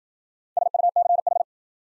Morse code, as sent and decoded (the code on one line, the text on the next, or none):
... ..- -.-. ....
SUCH